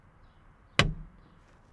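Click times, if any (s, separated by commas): 0.8 s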